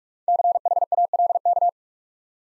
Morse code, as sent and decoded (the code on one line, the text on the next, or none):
-.-. .... .- .-.. -.-
CHALK